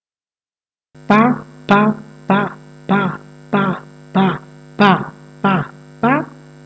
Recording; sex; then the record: repeated syllable /pa/; female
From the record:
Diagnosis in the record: healthy control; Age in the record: 62 years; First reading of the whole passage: 101 s, 4.7 characters per second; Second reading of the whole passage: 77 s, 5.9 characters per second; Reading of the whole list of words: 66 s, 3.9 characters per second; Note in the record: marked for poor recording quality or reading difficulty